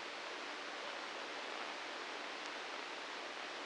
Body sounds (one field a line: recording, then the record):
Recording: brain microelectrode recording played as sound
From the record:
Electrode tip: inside the subthalamic nucleus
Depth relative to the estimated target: 1 mm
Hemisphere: right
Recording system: NeuroSet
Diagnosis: Parkinson's disease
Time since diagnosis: 9 years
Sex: male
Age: 61 years